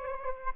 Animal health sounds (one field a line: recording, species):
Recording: mosquito wingbeat signal from an infrared sensor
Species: Aedes aegypti